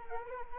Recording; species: mosquito wingbeat signal from an infrared sensor; Anopheles arabiensis